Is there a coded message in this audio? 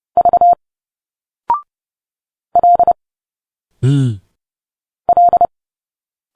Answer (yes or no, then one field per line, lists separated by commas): yes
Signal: Morse code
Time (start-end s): 0.2-5.5 s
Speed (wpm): 30 wpm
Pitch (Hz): 700 Hz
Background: none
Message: V L L